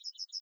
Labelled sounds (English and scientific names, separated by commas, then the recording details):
Yellowhammer (Emberiza citrinella) song
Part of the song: start
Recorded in the Czech Republic on 23 May 2015
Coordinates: 50.012, 16.238
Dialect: BE
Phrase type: C23
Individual ch018